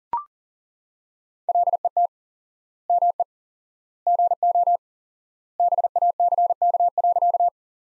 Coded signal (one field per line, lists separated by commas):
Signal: Morse code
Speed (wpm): 40 wpm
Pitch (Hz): 700 Hz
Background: none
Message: LET ME GO BACK.